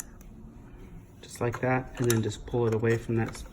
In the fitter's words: that in there and then you can just kind of pop this off just like